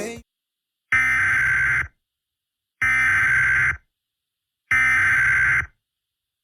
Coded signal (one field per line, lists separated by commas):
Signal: Emergency Alert System (SAME) tones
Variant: header bursts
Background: speech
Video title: EAS Mock #3 - Child Abduction Emergency